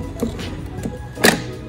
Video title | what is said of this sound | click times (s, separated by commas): How to Operate the Ego Nexus portable battery unit | it clicks all the way and now you know that it's fully there | 1.3 s